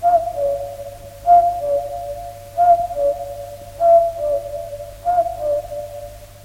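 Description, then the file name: Common cuckoo calling its two-note cuck-oo, the first note higher, repeated five times at steady intervals of about 1.3 seconds over a faint low hum. "Koekoek - Sound Cloud - Beeld en Geluid"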